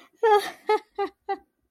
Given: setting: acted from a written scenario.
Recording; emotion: vocal sound without words; positive surprise